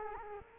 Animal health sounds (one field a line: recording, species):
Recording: mosquito wingbeat signal from an infrared sensor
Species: Culex quinquefasciatus